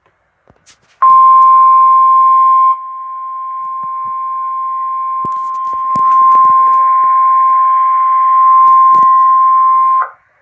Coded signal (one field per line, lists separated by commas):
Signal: Emergency Alert System (SAME) tones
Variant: 1050 Hz attention tone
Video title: EAS #157 - Severe Thunderstorm Warning